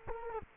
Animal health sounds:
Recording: mosquito wingbeat signal from an infrared sensor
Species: Culex quinquefasciatus

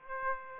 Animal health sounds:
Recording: mosquito wingbeat signal from an infrared sensor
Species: Aedes aegypti

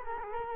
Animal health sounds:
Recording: mosquito wingbeat signal from an infrared sensor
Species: Culex quinquefasciatus

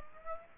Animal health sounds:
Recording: mosquito wingbeat signal from an infrared sensor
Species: Aedes aegypti

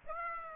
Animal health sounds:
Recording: mosquito wingbeat signal from an infrared sensor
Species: Aedes aegypti

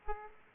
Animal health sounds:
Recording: mosquito wingbeat signal from an infrared sensor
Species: Aedes aegypti

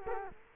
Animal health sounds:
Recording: mosquito wingbeat signal from an infrared sensor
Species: Culex quinquefasciatus

